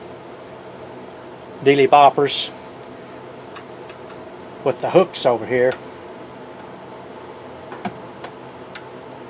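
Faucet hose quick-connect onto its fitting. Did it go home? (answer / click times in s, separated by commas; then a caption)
yes / 8.8 s. A kitchen faucet sprayer hose's quick-connect is lined up so its release tabs sit over the hooks on its fitting, then pushed on while someone talks over a steady low hum. Two faint ticks at about 7.9 s and 8.2 s come before a sharp, bright snap at 8.8 s as the connector seats.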